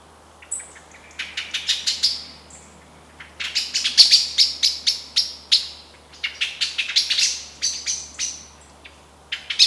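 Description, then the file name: Eurasian blackbird calling in bursts of sharp chinks, pausing briefly, then a fast irregular volley of clicky notes. "Turdus merula"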